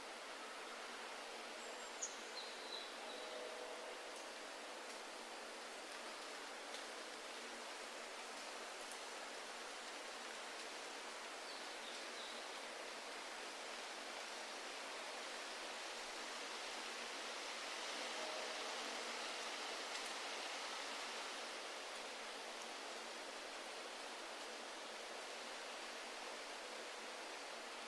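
Wind rushes steadily through forest trees as a dense, airy hiss, swelling slightly past the midpoint, with faint scattered ticks like falling leaves.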